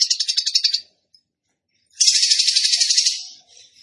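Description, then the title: Songbird trills, two rapid high buzzy bursts of pulsed notes, a short one then a longer one after a brief silence. Training (master) recording for caged songbirds, featuring the lively "tembakan gacor" singing style. "Masteran Burung Tembakan Gacor"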